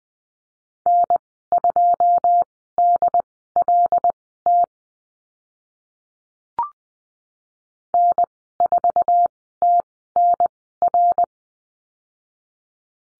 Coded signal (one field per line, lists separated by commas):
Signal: Morse code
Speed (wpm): 20 wpm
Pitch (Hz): 700 Hz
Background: none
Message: N2DLT N4TNR